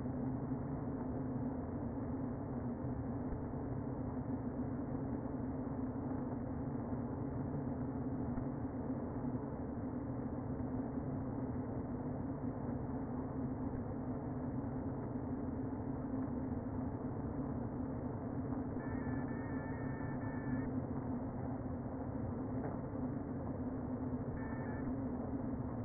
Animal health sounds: honeybee colony, microphone inside the hive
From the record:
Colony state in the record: queen present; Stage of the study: before two queens were removed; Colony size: about 60,000 bees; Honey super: yes

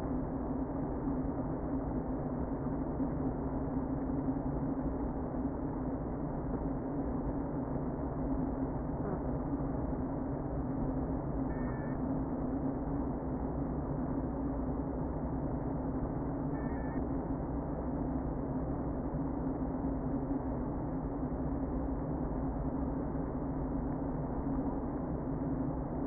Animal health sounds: honeybee colony, microphone inside the hive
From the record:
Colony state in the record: queen present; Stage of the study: before two queens were removed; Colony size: about 60,000 bees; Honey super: yes

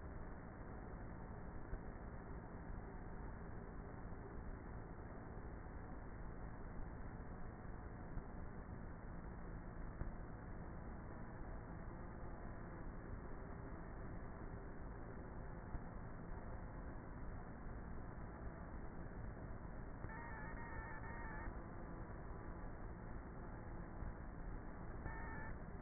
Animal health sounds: honeybee colony, microphone inside the hive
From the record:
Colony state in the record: queenless with a low population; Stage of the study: before two queens were removed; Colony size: about 30,000 bees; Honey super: no

